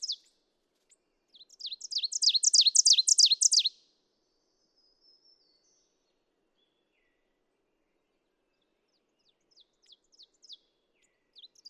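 Ovenbird song: a high, rhythmic series of repeated two-note phrases swelling louder, then silence before a fainter series begins near the end.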